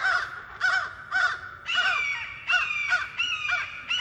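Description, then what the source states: American crows giving harsh caws in repeated bursts. Crows mobbing a hawk.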